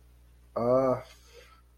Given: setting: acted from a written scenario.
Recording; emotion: vocal sound without words; contempt